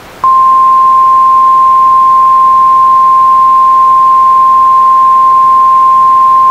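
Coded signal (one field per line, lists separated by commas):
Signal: Emergency Alert System (SAME) tones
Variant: 1050 Hz attention tone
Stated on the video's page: Severe thunderstorm warning alert issued by the National Weather Service in Upton, NY.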